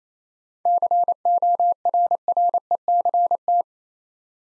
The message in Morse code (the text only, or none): CORRECT